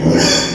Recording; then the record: squeal of a Yucatan mini pig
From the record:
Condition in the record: before surgery on the right vocal fold (resection and tissue-engineered implant); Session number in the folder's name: 1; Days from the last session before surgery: -3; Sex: male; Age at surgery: 12 weeks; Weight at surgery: 13 kg